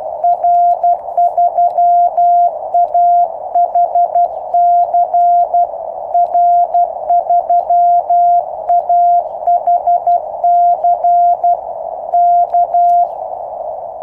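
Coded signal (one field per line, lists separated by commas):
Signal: Morse code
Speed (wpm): 12 wpm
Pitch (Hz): 700 Hz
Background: none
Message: R3AHC R3AHC K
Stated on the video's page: QRP CW from a QCX-mini on 3x18650 batteries, 10 m end-fed antenna with 1:64 balun on a 7 m fishing-pole mast, Moscow.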